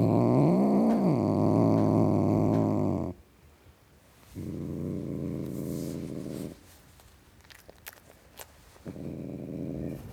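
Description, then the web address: Domestic cat growling, a low rumbling drone with a whine that rises and falls near the start, broken by quiet gaps and a few clicks. Tom cat, growling. "BBC Sound Effects Library Cats Tom Cat Growling"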